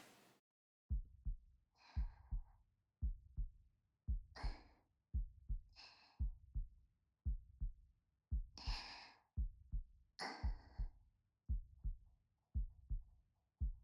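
Steady, regular adult heartbeat, about 57 a minute, with soft breaths between; normal heart sounds, played to help the listener relax into deeper sleep.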